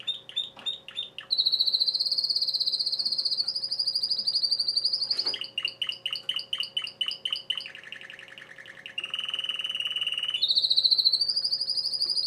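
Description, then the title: Domestic canary singing varied tours: short chips, a long high rolling trill, repeated clipped notes, a lower buzzy stretch, then a rising bright trill again. Male singing a lot, for warming up and training young birds. "Esquente Seu Filhote E Canario Belga Macho Cantando Muito"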